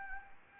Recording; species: mosquito wingbeat signal from an infrared sensor; Anopheles gambiae